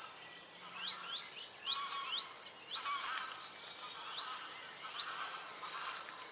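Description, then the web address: Bird song, busy and loud: rapid high, sharp chirps and short sweeping notes tumbling over one another in overlapping phrases. "az brid sounds"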